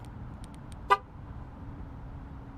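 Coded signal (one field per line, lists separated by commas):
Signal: beep code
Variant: Jeep remote start chirp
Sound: a single short car horn chirp, with a few faint clicks just before it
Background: outdoor background hum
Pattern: 1 short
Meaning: One chirp means remote start was refused, here because the hood reads as open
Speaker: that if I hook, I only get 1 beep. 1 beep is bad. We need 2 beeps.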